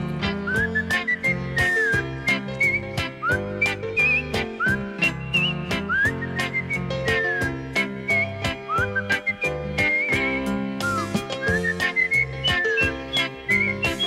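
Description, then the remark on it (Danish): A whistled melody weaves up and down in pitch over a bouncy musical backing with a steady, regular beat and a full bass line, with no talking. “Og så fløjter han den der.”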